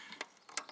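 A fuel line fitting on a Ford F350 diesel is pushed onto the fuel filter housing, making a few short, faint ticks. A sharp, bright snap at 0.6 s marks the fitting seating over onto the housing.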